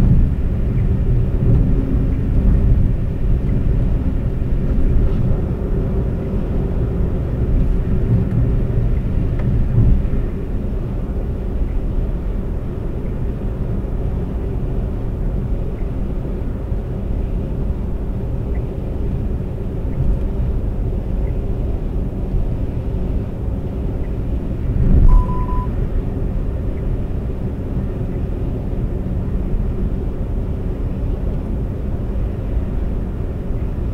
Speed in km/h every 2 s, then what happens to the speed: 124, 124, 124, 122, 122, 122, 122, 124, 124, 124, 124, 124, 124, 124, 124, 124, 124.
0-34 steady at about 124.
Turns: none.